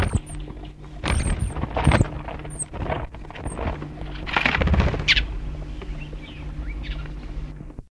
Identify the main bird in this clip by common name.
Marico Flycatcher